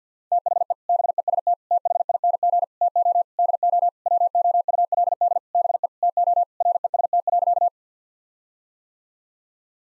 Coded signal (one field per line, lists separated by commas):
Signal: Morse code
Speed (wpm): 50 wpm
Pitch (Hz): 700 Hz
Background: none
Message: THE BEST THING TO DO WOULD BE TO REST.